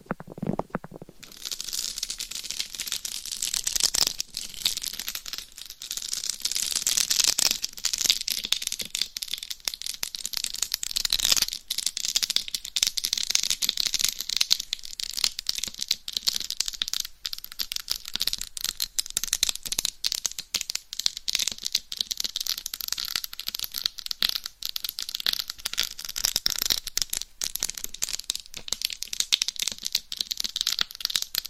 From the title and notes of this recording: Binaural Dummy Head Mic Scratching & Tapping with Different Mic Covers No Talking.